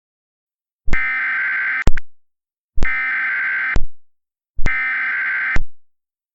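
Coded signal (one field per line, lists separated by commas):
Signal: Emergency Alert System (SAME) tones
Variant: header bursts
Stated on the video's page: Mock recreation of a tornado alert, not a real broadcast.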